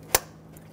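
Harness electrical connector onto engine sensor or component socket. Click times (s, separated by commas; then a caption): 0.1 s. A plastic harness electrical connector is pushed onto its socket on an engine sensor or component while reassembling a 2005-2015 Toyota Tacoma 2.7L L4 engine during a spark plug replacement. A single sharp, broadband click sounds at 0.2 s, followed by a much fainter tick at 0.6 s over low steady hum. The connector clicks in and is seated.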